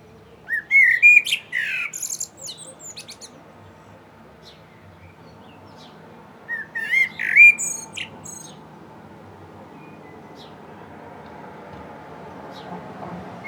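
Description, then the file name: Common blackbird giving two fluted, warbling phrases with squeaky endings early on, then a stretch of quiet background noise. "Turdus merula"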